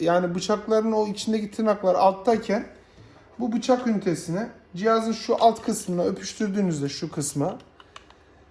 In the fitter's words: üzerine de şöyle tam getirdikten sonra bastığınızda tık diye zaten oturuyor